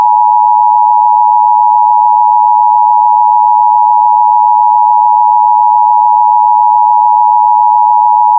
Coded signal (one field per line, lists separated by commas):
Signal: Emergency Alert System (SAME) tones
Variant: 853 and 960 Hz attention tone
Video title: C&C EAS Scenario - Part Three: The Last Act